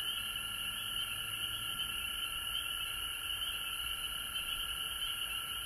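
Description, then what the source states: Frog chorus of steady overlapping trills, high and mid-pitched, running without a break throughout. Recorded at home in Georgia on March 19, 2020.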